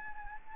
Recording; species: mosquito wingbeat signal from an infrared sensor; Anopheles gambiae